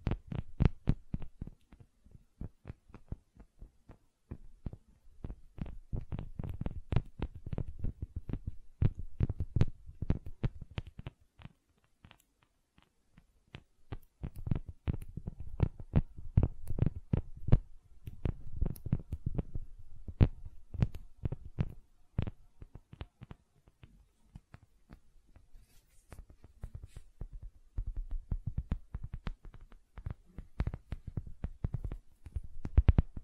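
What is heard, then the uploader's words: Gentle silicone sounds come as a dense run of soft squishy taps and presses, each a brief dull thump with a light click on top. They arrive in quick irregular bursts, easing off briefly around 12 seconds and again near 22 and 27 seconds. ASMR Gentle Silicon Sounds for Sleep (No Talking).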